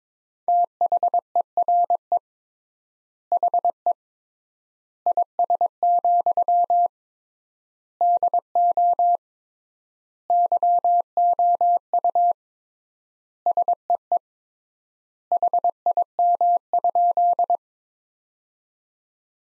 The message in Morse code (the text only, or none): THERE HE IS, DO YOU SEE HIM?